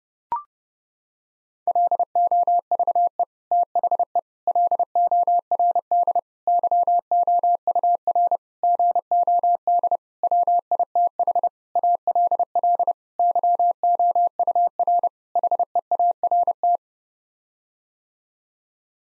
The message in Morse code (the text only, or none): LOVE THE LORD YOUR GOD WITH ALL YOUR HEART